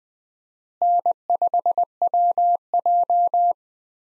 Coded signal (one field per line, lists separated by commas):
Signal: Morse code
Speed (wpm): 20 wpm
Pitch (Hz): 700 Hz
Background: none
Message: N5WJ